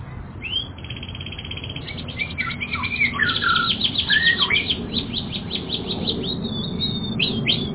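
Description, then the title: Canary song: a fast buzzy trill, then a run of rapid whistled notes and sweeping chirps rising and falling, with a steady low hum underneath. "kenarijos"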